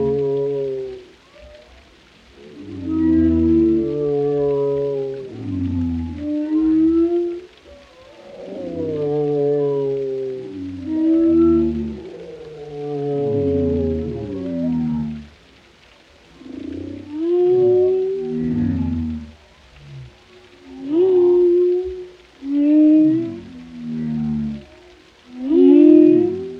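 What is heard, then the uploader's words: Whale song of low, sliding moans and rising whoops in repeated phrases, with brief silences between groups and a faint hiss underneath. Captivating Whale Sounds. This hour-long compilation showcases a diverse range of whale vocalizations, including haunting moans, resonant calls, and harmonious melodies. The hauntingly beautiful songs of whales.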